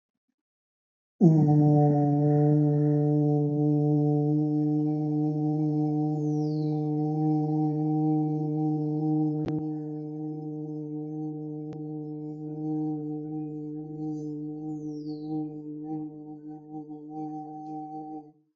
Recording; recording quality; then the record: sustained vowel as in boot; excellent, no background noise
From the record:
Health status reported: healthy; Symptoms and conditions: none ticked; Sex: male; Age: 25 years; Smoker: not ticked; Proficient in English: yes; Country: India